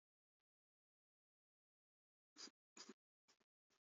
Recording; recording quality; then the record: shallow voluntary cough; moderate, slight background noise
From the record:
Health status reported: recovered from COVID-19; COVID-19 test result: positive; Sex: male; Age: 27 years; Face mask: worn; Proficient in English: yes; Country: India